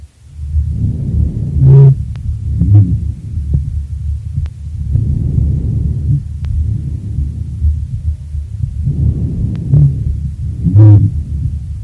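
Deep, rumbling, continuous low-pitched sounds swell and fade with each of about three breaths, roughly 15 breaths a minute, heard over an adult chest with a stethoscope. These are dry, low-pitched (bass) rhonchi, most often heard in patients with bronchitis.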